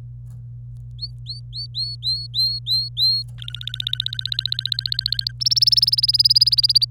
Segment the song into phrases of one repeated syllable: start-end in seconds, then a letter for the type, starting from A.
0.99-3.23 A, 3.38-5.32 B, 5.41-6.85 C